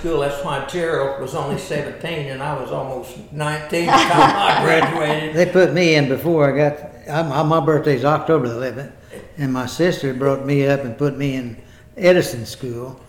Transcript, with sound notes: That's why Gerald was only seventeen and I was almost nineteen by the time I graduated.
(Laughter) They put me in before I got-- my birthday's October the 11th and my sister brought me up and put me in Edison School